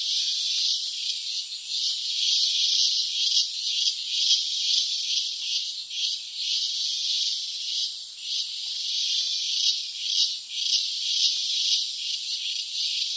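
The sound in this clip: Cicada producing a loud, sizzling buzz with small dips in volume now and then.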